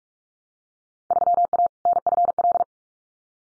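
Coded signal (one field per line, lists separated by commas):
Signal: Morse code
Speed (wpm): 44 wpm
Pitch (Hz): 700 Hz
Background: none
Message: 3A NFL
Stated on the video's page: Morse drill of Field Day exchanges at 45 wpm, each sent, spoken, then sent again for head-copy practice.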